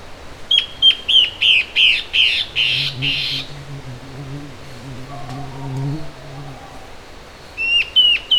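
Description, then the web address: Bird calls in a fast run of about eight notes turning harsher and buzzier, a low hum in the middle, then a few sharp notes return at the end. "BIRD SABIOD bird"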